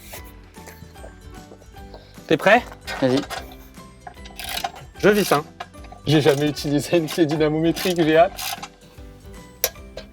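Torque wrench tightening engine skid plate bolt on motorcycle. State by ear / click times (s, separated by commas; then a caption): torque reached / 9.6 s. A torque wrench set to about 20 Nm tightens a bolt on the engine skid plate of a Triumph Tiger 900 motorcycle while someone talks over faint background sound. A single sharp click sounds at 9.6 s as the wrench reaches its set torque, confirming the bolt is torqued.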